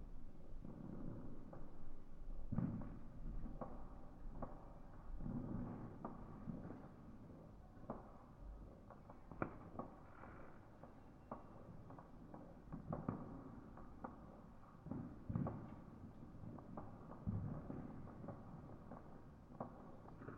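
Fireworks go off in the neighbourhood, heard muffled indoors through a barely open window. Dull low thuds and rumbling booms come every second or two, with sharper cracks around 2.5, 9.5, 15 and 17 seconds, over a constant low rumble.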